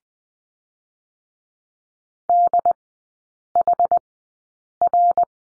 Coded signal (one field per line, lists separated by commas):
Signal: Morse code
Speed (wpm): 20 wpm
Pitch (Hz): 700 Hz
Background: none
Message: DHR